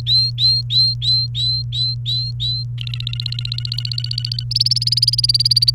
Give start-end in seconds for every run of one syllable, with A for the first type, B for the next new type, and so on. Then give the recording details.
0.07-2.63 A, 2.78-4.44 B, 4.51-5.70 C. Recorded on 30 April 2018 at 08:32. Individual llb3